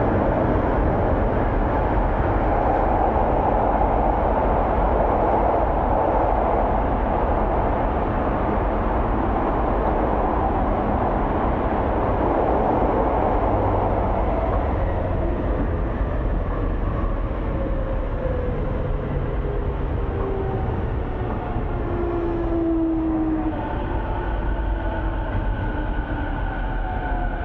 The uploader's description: catches the train home in Tokyo